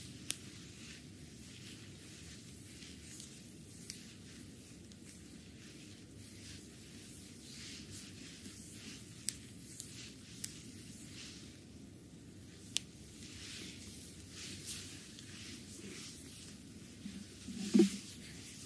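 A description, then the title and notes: Close, muffled rubbing from an abdominal massage: a steady low rumble of hands working on skin, with a soft airy hiss riding above it. A few sharp little clicks land around 9 to 13 seconds, and a brief louder squelch comes near the end. ASMR Visceral Abdominal Massage.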